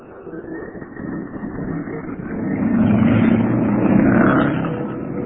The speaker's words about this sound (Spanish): El pequeño Solín se acomodó en el asiento mientras Calimán hacía funcionar la marcha de su Rolls Royce.